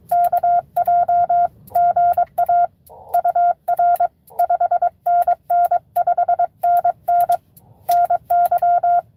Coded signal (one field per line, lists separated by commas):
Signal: Morse code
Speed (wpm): 22 wpm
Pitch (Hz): 700 Hz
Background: none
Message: KJ GA UR 5NN 5NN NY